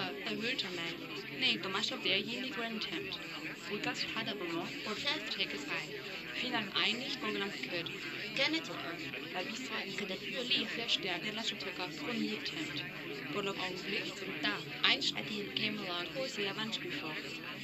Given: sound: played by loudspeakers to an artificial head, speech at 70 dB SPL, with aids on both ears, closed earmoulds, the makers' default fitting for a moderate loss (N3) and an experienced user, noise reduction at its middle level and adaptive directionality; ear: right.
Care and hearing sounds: speech test signal (ISTS) in cocktail-party noise; 0 dB; in front (0 degrees)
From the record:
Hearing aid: class 1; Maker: D

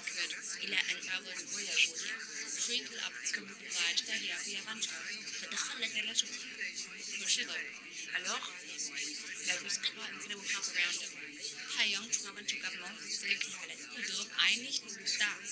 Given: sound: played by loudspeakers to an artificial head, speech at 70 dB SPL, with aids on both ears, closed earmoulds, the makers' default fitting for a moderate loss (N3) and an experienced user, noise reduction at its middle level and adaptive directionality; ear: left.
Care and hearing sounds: speech test signal (ISTS) in cocktail-party noise; -6 dB; in front (0 degrees)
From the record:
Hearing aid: class 1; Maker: J

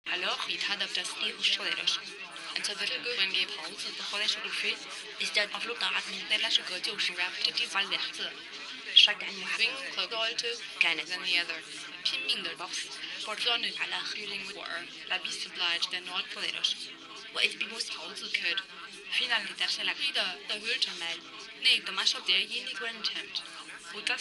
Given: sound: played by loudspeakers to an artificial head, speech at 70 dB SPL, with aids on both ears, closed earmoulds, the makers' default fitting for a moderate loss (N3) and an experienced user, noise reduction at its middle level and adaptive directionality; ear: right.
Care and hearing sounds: speech test signal (ISTS) in cocktail-party noise; 0 dB; on the right (90 degrees)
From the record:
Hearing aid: class 2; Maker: B

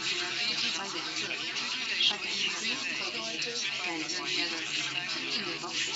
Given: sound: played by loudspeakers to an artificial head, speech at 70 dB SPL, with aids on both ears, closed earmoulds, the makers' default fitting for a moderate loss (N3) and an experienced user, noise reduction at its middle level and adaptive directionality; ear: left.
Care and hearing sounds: speech test signal (ISTS) in cocktail-party noise; 0 dB; on the right (90 degrees)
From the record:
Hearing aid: class 1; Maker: A

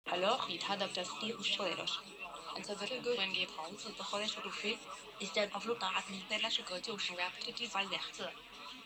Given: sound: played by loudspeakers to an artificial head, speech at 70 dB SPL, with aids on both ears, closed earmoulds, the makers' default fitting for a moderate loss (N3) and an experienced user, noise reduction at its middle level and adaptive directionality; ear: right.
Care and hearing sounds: speech test signal (ISTS) in cocktail-party noise; +3 dB; on the right (90 degrees)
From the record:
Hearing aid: class 1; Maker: I

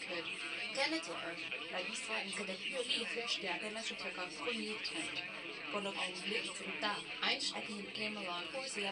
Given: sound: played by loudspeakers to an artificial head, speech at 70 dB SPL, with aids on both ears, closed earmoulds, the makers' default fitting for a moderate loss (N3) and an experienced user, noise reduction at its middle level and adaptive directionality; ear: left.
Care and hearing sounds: speech test signal (ISTS) in cocktail-party noise; +6 dB; on the right (90 degrees)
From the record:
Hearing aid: class 2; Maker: C

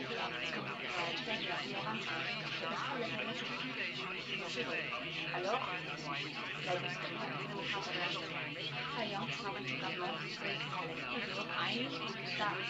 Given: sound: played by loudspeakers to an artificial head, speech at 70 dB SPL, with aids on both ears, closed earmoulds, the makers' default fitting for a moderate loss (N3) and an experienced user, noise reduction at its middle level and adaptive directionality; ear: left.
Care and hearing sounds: speech test signal (ISTS) in cocktail-party noise; -3 dB; on the right (90 degrees)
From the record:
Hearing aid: class 1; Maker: F

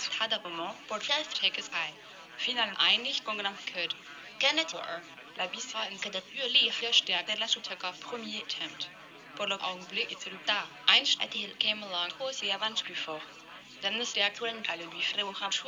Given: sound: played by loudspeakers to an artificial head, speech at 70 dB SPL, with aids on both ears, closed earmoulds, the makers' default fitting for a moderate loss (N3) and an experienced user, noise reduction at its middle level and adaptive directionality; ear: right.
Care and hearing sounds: speech test signal (ISTS) in cocktail-party noise; +6 dB; on the right (90 degrees)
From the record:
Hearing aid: class 1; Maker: G

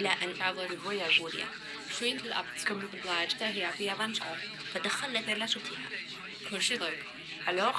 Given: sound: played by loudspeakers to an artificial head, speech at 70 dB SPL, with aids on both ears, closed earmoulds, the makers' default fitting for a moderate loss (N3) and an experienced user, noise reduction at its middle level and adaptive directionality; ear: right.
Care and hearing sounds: speech test signal (ISTS) in cocktail-party noise; +3 dB; in front (0 degrees)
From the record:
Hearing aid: class 1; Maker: E

